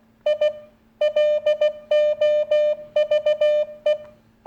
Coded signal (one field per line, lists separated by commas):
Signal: Morse code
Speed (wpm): 16 wpm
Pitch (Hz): 600 Hz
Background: none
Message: I LOVE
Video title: CW - Morse Code Project! Test Went Ok Whoohoo!!